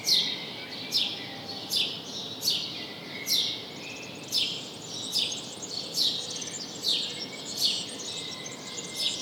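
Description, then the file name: House sparrow chirps, many short bright notes at about one a second, above a quiet steady hiss. "Passer domesticus"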